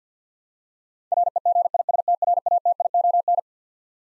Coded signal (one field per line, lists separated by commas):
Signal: Morse code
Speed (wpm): 50 wpm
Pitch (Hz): 700 Hz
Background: none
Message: REGISTRATION